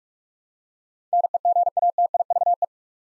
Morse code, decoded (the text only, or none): NEGATIVE